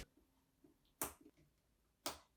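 Two RAM sticks are pushed into motherboard DIMM slots, each latching with a sharp click at 1.0 s and 2.1 s. Between the clicks there are only faint small handling sounds, and both sticks end up seated.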